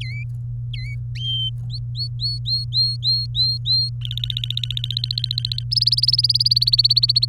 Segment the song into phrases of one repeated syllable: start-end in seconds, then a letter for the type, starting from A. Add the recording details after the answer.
0.01-0.23 A, 0.73-0.95 A, 1.70-3.89 B, 4.01-5.63 C, 5.71-7.25 D. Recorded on 23 April 2018 at 16:01. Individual llb3